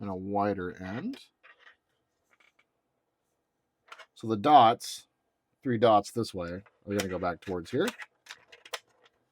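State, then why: Seated. Someone talks while a plastic piece for the mandible section of a Fanhome Millennium Falcon scale model kit is turned so its three dots face the back and pressed into place. A few faint ticks of plastic handling are heard, then a sharp click at 8.7 s as the piece locks into place on the model.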